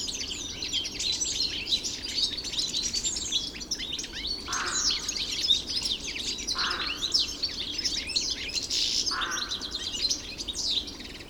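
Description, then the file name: European goldfinch song, rapid bright twitters and buzzy trills running throughout, with three brief lower rasping sounds spaced a few seconds apart. 3 February 2015, Hofgarten park, Landshut. "Stieglitz 03 02 2015 Landshut Hofgarten Susanne Rieck"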